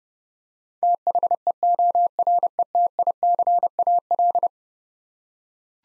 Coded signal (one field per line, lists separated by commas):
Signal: Morse code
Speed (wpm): 29 wpm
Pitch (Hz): 700 Hz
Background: none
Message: THEORETICAL